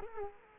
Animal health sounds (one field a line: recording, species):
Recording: mosquito wingbeat signal from an infrared sensor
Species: Culex quinquefasciatus